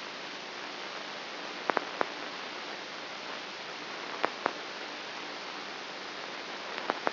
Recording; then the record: brain microelectrode recording played as sound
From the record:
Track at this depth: inside the subthalamic nucleus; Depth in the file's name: 1.84 mm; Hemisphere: right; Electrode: 2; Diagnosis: Parkinson's disease